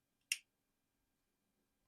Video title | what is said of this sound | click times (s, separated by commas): A Great Budget Option! Amazon Multi Tool Unboxing | nice audible click when it opens | 0.3 s